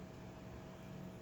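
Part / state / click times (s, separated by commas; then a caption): connecting rod onto crankshaft of a nitro RC engine / not seated / none. A metal connecting rod is being pushed onto the crank pin of a Traxxas 3.3 nitro RC engine while the crankshaft is held. Only a steady, even low hum and broadband noise are heard, with no distinct click. Nothing has seated or clicked yet.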